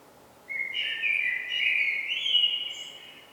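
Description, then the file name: Common blackbird giving a continuous warbling phrase of mid-high notes, starting abruptly and rising slightly near the end, with fainter higher twitters above; quiet background. "Turdus merula"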